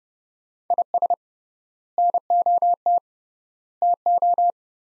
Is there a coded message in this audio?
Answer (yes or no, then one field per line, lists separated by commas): yes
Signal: Morse code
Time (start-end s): 0.7-4.5 s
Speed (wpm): 32 wpm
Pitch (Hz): 700 Hz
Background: none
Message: IS NOT TO